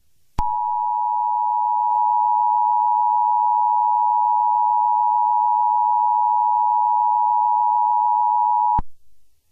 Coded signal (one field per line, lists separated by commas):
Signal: Emergency Alert System (SAME) tones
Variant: 853 and 960 Hz attention tone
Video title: (MY FIRST EAS SCENARIO) The Great Britton Hill Collapse of Florida